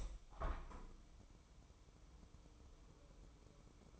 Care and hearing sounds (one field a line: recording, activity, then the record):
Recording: daily activity, microphone in the room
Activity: open window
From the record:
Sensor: 1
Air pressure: 1015.0 hPa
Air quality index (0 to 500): 25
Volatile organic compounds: 1 ppm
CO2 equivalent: 505 ppm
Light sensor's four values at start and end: 10/25/10/11 and 11/26/10/12